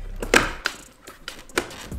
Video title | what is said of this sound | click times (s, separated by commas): Carbon Fiber M Style Mirror Caps BMW 340i (VVS Racing) | let me go ahead and snap the mirror back on | 0.4 s, 0.7 s